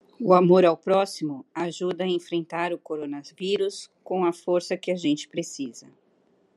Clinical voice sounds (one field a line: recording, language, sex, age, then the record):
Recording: spoken sentence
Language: Brazilian Portuguese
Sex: female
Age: 40 to 49 years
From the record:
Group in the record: control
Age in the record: 46 years